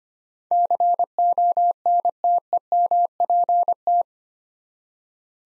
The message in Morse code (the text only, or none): CONTEMPT